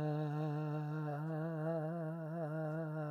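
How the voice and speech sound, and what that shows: An adult holds a steady vowel at a low-to-mid pitch, and the pitch wavers rhythmically and regularly throughout: vocal tremor.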